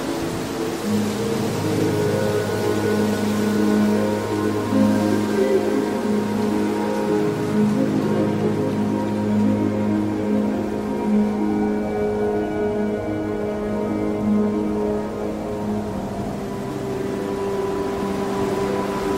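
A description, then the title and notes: Slow, sustained violin notes hold low and steady over a constant rushing wind, with a higher note entering near the end. Relaxing wind sounds with relaxing violin music.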